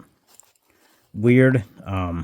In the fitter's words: actually I can tell because the mirror isn't snapping into place all the way so I'm going to repack this later on but um